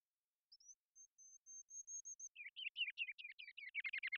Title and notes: BIRDSong Kinglets - RubyCrowned Kinglet Song. Ruby-crowned Kinglet, Regulus calendula, song performance with a series of full songs, short songs, and phrases. Recorded in the beautiful Pacific Northwest in Washington, Unister States